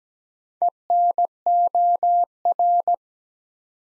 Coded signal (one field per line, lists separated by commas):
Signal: Morse code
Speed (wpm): 17 wpm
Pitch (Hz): 700 Hz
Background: none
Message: ENOR